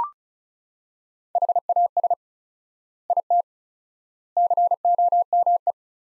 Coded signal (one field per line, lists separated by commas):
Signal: Morse code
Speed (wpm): 36 wpm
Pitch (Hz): 700 Hz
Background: none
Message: HAS IT COME